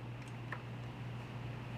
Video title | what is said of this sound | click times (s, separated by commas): JDMuscle OEM Style Sport Grille Installation - 2022-2024 Subaru WRX | basically this will snap right in | 0.5 s